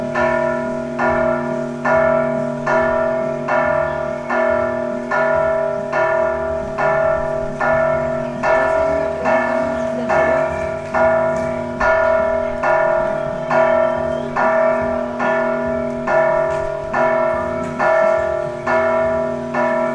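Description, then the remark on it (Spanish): Church bells ring in a steady, loud peal during the fair in Tlaltenango, with regular strikes roughly once a second over a sustained wash of resonant, overlapping tones. No voices are heard. “Las campanitas me están pidiendo que me caigan un ratito.”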